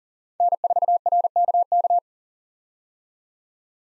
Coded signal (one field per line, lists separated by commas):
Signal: Morse code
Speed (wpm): 40 wpm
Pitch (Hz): 700 Hz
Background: none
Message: N4RKK